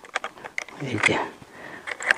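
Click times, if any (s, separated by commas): 2.1 s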